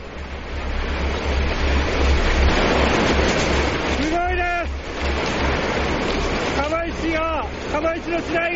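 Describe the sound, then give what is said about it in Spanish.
The tsunami wave arriving at Fukushima, recorded as the alarm sounded: a loud, continuous roar of rushing water, with people shouting in raised, wavering voices over it in short bursts toward the end. “Hay un sonido grabado de cuando llega la ola a Fukushima y cuando suena la alarma.”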